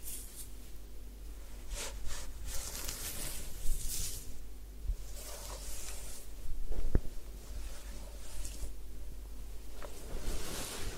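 A head spa session with hair washing and massage: soft wet rustling and squishing sounds come and go in bursts, with bright hissy swishes around two, four, six and eight seconds. A steady low hum runs underneath, and a brief sharp click lands near seven seconds.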